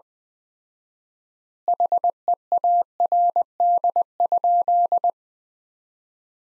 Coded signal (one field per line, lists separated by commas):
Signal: Morse code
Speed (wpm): 21 wpm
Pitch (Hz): 700 Hz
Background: none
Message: HEARD?